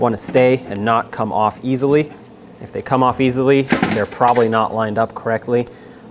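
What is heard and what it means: New metal anti-rattle clips for the front brake pads of a 2011-2014 Hyundai Sonata are handled and lined up on the caliper bracket, to be pressed down until they lock into place. Someone talks throughout, with faint metallic handling in the background. Nothing has seated or clicked yet.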